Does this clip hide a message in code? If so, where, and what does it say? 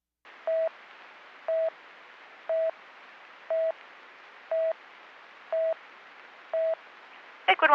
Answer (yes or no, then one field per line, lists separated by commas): no